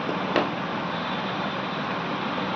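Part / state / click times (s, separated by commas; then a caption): metal lock on a beaded jewelry chain / seated / 0.4 s. A metal lock on the end of a black-bead jewelry chain is pressed closed. Against a steady, broadband background hiss, one short click sounds at 0.4 s as the lock seats shut.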